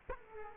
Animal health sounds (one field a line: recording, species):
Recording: mosquito wingbeat signal from an infrared sensor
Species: Culex quinquefasciatus